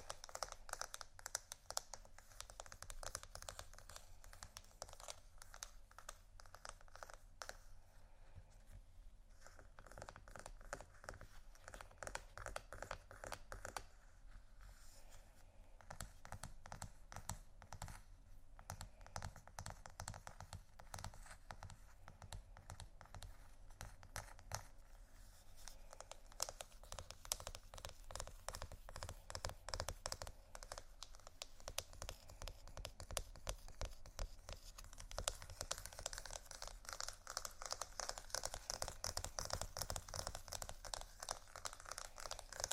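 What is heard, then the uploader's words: Fingers scratch and tap across textured surfaces in a dense, fast run of small clicks and scrapes, much like rapid typing. The strokes stay bright and crackly throughout, thinning briefly around 8, 15 and 25 seconds, then growing busier and louder toward the end. ASMR Scratchingtapping On Textures（No Talking）.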